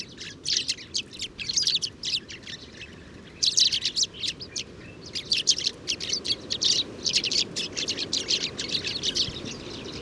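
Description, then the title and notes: Sudan golden sparrow flock giving busy, high-pitched chirping, with bursts of louder chatter and brief lulls between them. 7 March 2019, morning, Oued Enoicre, Tagant, Mauritania; oasis; always in family flocks, gathering in evening roosts; recorded with Tlp7 and Mixpre 3. "Moineau doré ou Moineau jaune - Mauritanie. 7 mars 2019-Oued Enoicre - Tagant - Mauritanie"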